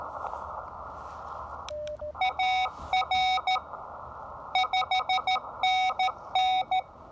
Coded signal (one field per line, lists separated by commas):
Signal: Morse code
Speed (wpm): 13 wpm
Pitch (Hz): 750 Hz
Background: none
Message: AR 5NN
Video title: Impromptu QRP POTA Activation with the Elecraft KX2 Transceiver and AX1 Antenna